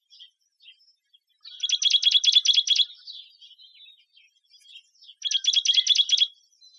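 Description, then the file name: Juniper titmouse chattering: two rapid bursts of harsh, evenly spaced high notes, each lasting about a second or more, with faint soft notes between them. "JUTI 5 Deviche"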